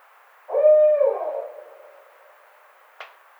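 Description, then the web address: Barred owl calling one low, resonant hoot that drops and trails off, followed by a sharp click. Recorded on 29 May 2009. "Barred Owl 2009 05 29"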